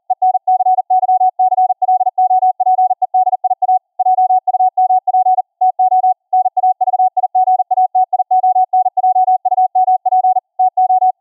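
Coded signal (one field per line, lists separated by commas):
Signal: Morse code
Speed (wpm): 40 wpm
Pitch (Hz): 740 Hz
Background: none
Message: ENCYCLOPEDIA JUMP TO NAVIGATION JUMP TO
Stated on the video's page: Software-generated CW copy-by-ear practice at 40 wpm, about 20.2 kHz VLF, through a class D amp into a ferrite rod transmit antenna, received on another ferrite antenna.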